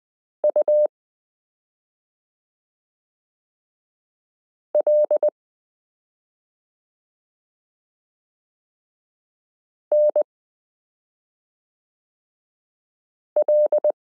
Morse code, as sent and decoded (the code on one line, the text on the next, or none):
..- .-.. / -. .-..
UL NL